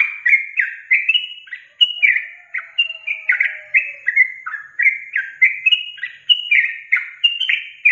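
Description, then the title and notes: Yellow-vented bulbul song: continuous bright, bubbly phrases, each a quick slurred cluster of notes, repeated steadily without pause. Masteran training recording for songbirds, featuring the tembakan and ropel song styles. "MASTERAN Trucukan Tembakan Dan Ropel 1. BURUNG TRUCUKAN"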